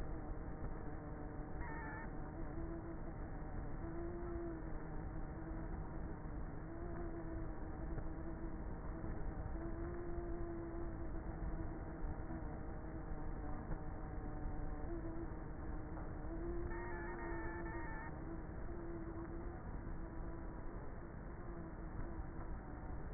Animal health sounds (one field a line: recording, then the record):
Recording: honeybee colony, microphone inside the hive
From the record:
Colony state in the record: queenless with a low population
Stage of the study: before two queens were removed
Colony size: about 30,000 bees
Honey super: no